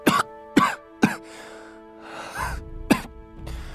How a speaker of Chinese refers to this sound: 烟尘呛鼻，李应咳嗽了几下。